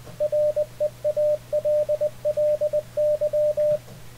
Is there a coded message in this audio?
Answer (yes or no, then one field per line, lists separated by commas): yes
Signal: Morse code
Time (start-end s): 0.2-3.8 s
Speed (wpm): 20 wpm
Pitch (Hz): 600 Hz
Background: radio noise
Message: REALLY